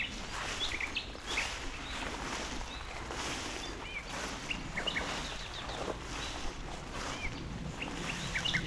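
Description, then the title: Common nightingale song, varied bursts of short whistled and chirping notes in quick phrases, over a steady low background rumble. Singing in tall grass near Chindrieux, France; recordist walking through grass to approach it; deaf to outside noise while singing; airliners and an accelerating vehicle on a road in background. "195 Rue de Vars, 73310 Chindrieux, France - approche d'un rossignol"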